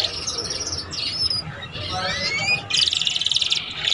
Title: Canto Para Esquentar Canário Belga. SUARA KENARI PAUD CUIT CUIT BELAJAR BUNYI - pancingan kenari paud muda agar cepat bunyi dan ngeriwik